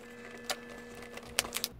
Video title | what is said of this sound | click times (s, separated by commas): PRODUCT REVIEW: Best Outdoor Solar Flood Light. | snaps right in even | 1.4 s